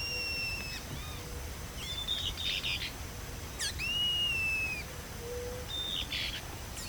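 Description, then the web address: Bird calls: long, slightly falling whistles with a few shorter arched whistles and chirpy bursts between them, over background hiss. "BIRD 2015 SABIOD 50 bird 2015"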